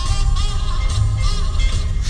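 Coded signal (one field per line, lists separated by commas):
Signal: none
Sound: musical notes in song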